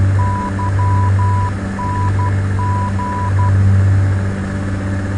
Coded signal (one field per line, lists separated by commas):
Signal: Morse code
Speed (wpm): 12 wpm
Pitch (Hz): 990 Hz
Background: none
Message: YNG